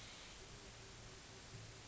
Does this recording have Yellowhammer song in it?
no